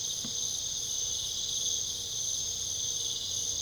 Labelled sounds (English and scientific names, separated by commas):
none